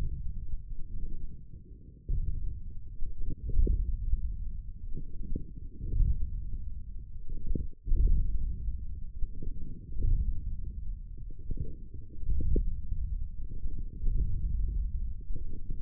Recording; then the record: forearm muscle sounds (acoustic myography)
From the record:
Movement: wrist flexion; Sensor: system 1, eight BSWA MPA416 microphones around the upper forearm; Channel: 3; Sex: male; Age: 42 years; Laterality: right